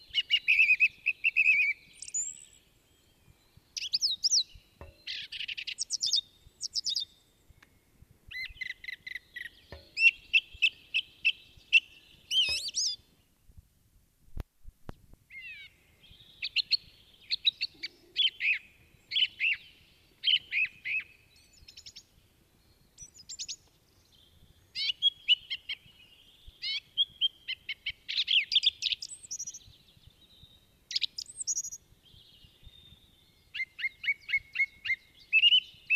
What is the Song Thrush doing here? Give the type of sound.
song